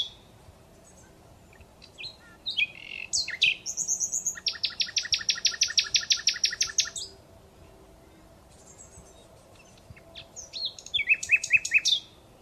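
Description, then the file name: Common Nightingale song with a few whistled, slurred notes leading into a long, very fast machine-gun trill, silence, then another sharp, varied phrase. "Luscinia megarhynchos"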